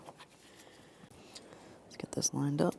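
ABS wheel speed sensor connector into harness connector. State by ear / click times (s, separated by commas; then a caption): not seated / none. Someone handles and lines up the two plastic connector halves of the left front ABS wheel speed sensor harness on a 2015-2020 Ford F-150, on the driver's side of the engine compartment, before pushing them together. Light handling rustles and faint taps are heard, and someone talks near the end. Nothing has seated or clicked yet.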